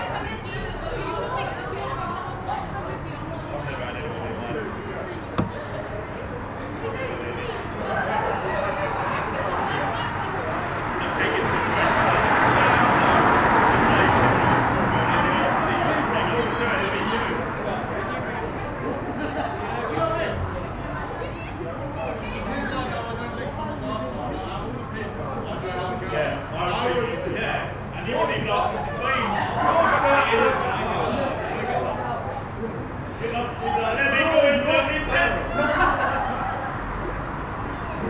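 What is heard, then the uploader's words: Traffic passes on the street as voices chatter outside a small bar, a vehicle swelling loudest around thirteen seconds amid steady murmuring. Street bar. Captured on a Friday evening on the street outside a small bar. Traffic is passing by as people are gathering in a bar opposite.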